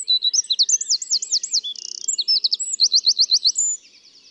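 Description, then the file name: Eurasian wren song: rolling high trills, a dry buzzy rattle, then more rapid repeated notes, stopping abruptly near the end. "Troglodytes troglodytes"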